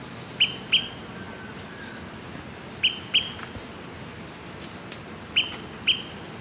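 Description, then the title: Smoke-colored pewee repeating paired high, clipped pip notes roughly every two and a half seconds, three pairs in all, with soft background noise. Subspecies zarumae. "LuckyPassaro Completos2Sama. Smoke-colored Pewee (Contopus fumigatus zarumae)"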